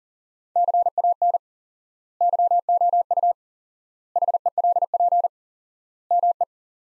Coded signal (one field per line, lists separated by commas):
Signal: Morse code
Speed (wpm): 37 wpm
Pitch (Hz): 700 Hz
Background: none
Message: CAN YOU HELP ME